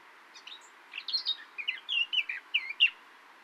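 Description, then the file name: Eurasian blackcap giving a quick run of varied, chattering and warbling high notes, rising and falling in short slurred phrases for about two seconds. "Sylvia atricapilla"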